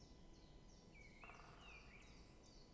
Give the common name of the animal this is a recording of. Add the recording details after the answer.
Great Spotted Woodpecker. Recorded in Germany. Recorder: ecoPi